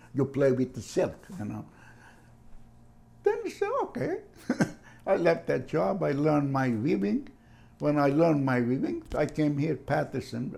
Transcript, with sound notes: You play with the silk, you know." Then so, "Okay." (laughs) I left that job. I learn my weaving. When I learn my weaving, I came here -- Patterson.